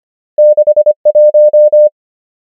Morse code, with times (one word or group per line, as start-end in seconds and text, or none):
0.4-0.9 6
1.1-1.9 1